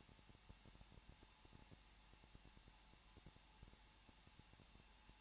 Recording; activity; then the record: daily activity, microphone in the room; no activity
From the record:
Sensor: 1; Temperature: 20.0 degrees Celsius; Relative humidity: 39.5%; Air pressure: 1006.4 hPa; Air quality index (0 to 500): 220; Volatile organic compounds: 83 ppm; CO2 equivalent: 3634 ppm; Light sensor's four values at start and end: 1/2/1/1 and 1/2/1/1